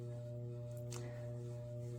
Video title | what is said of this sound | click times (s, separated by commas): レビューL'UGX 電動ネイルマシン 30000RPM プロ ネイルドリル 研磨 爪磨き ネイルマシーン 自宅サロン用 低騒音 低振動 8個のビット (ホワイト) | Turn it back here all the way till it clicks. | 1.0 s